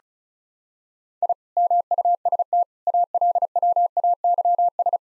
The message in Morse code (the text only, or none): I MUST ALWAYS